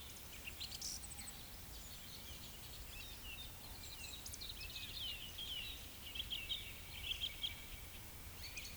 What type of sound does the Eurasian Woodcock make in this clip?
whistle, croak